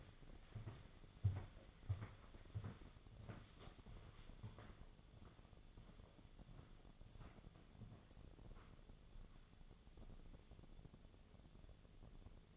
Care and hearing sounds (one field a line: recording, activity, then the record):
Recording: daily activity, microphone in the room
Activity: walk to room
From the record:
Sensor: 4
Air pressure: 1000.8 hPa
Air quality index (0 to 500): 124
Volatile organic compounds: 1 ppm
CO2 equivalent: 931 ppm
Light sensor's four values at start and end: 57/142/60/67 and 58/145/61/68